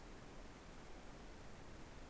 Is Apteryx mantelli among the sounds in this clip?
no